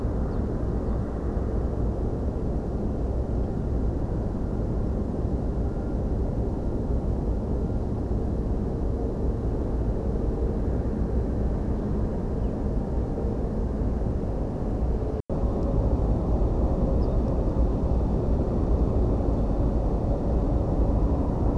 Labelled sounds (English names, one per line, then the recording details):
Ortolan Bunting
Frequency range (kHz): Ortolan Bunting 2.3-5.6 kHz
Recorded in France